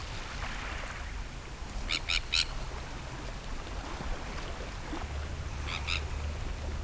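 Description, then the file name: Sandwich tern calls, rasping and grating, a quick burst of three near two seconds and a softer pair near six seconds, with low rumbling background noise. "Kentsk tarna"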